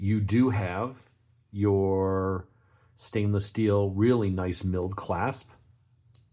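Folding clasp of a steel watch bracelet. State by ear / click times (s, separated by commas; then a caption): seated / 6.2 s. Someone talks for most of the clip, then the stainless steel, two-button-release folding clasp on the bracelet of a Tag Heuer Formula 1 watch is closed. It snaps shut with one sharp, short click at 6.2 s, and the clasp is securely seated.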